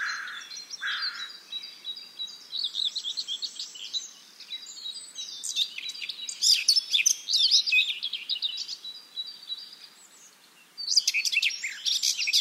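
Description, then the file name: Eurasian blackcap giving a hurried, scratchy warble of mixed high notes in pulsing bursts, with lower notes at the start and a loud final flourish. "Sylvia atricapilla"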